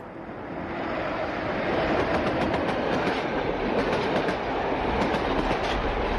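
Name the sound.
train passing on railway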